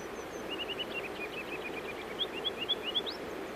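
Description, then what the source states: Ruby-crowned kinglet song: a run of high, thin chirped notes, then brighter rising notes at the end, over rushing water. Sings high in forest treetops in Alaska; Koyukon name Takudzoya comes from its song, rendered chee chee chee, tauzi tauzi tauzi.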